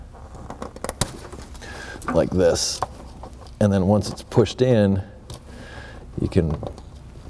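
On a 2003 Nissan Sentra, the green plastic locking tab on an engine sensor wiring connector is handled and pushed in while someone talks. A few short, sharp handling ticks come near the start, around 0.5–1.0 s. The clip ends before the tab is pulled back, and nothing has seated or clicked into place yet.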